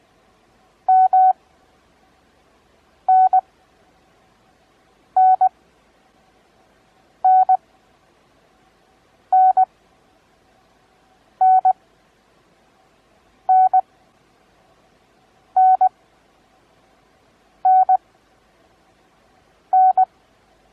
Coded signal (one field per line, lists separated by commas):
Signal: Morse code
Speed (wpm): 20 wpm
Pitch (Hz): 750 Hz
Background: none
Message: M N N N N N N N N N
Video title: Thirteenth Morse Code Farnsworth Method Practice Lesson